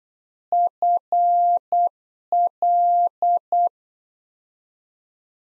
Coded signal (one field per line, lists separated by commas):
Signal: Morse code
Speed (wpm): 8 wpm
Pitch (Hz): 700 Hz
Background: none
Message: FL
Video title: Practice QSO - Exchange 1- Beginning - 8wpm